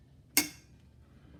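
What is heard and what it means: A Powerbuilt deflecting beam torque wrench set to 100 is pulled until its setting pin trips, giving one sharp, bright metallic click at 0.4 s that rings briefly before fading into low background noise. The pin has tripped at the set torque.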